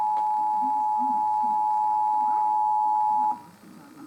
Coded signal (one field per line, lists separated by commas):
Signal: Emergency Alert System (SAME) tones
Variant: 853 and 960 Hz attention tone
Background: speech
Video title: National Emergency Alert System Test (9-28-2016) (Portland, OR)